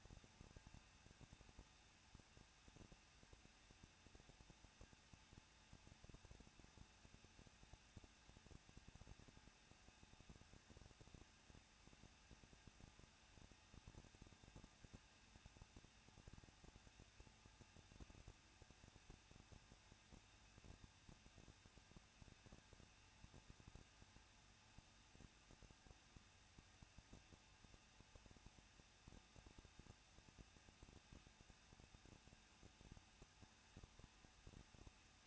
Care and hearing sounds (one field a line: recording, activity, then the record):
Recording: daily activity, microphone in the room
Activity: no activity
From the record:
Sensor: 2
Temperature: 21.0 degrees Celsius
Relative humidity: 37.3%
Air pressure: 1006.2 hPa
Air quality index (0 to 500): 221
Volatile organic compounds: 23 ppm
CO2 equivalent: 2792 ppm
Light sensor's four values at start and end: 2/3/2/2 and 2/3/2/2